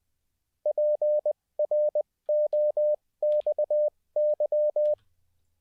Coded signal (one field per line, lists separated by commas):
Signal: Morse code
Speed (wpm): 20 wpm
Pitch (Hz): 600 Hz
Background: none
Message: PROXY